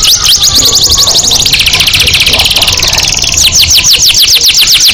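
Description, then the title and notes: Canary pouring out fast rolling trills, shifting into a buzzy passage before a quick series of bright repeated sweeps. Canary song meant to stimulate other birds to sing more intensely. "PANCINGAN SUARA MASTERAN KENARI BIKIN BURUNG MAKIN MENGGILA. masteran kicau kenari"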